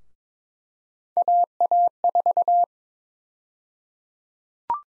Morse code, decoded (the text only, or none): AA4